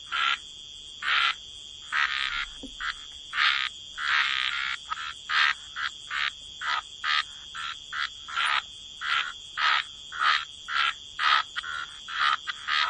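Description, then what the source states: Many frogs croak in a busy run of harsh bursts, close together and uneven, over a steady high drone. Frog chorus.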